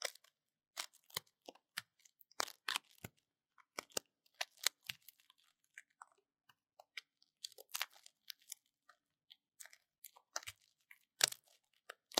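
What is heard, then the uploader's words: Ear cleaning: sharp, dry crackles and pops arrive in irregular bursts, some single and some in quick clusters, with near-silence between them. The crunchy clicks are bright and crisp, with occasional louder snaps around the middle and near the end. 台灣ASMR | 掏穿你的耳朵 | 耳掃除 | Ear Cleaning | NO Talking.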